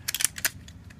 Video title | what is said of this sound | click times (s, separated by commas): MMPR Legacy Megazord (Pt 2) | the arms on the Macedon just nice clicks there | 0.1 s, 0.2 s, 0.4 s